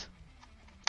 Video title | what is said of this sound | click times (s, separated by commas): Building a Beast of a PC Live | in the socket and you would hear that click noise | 0.9 s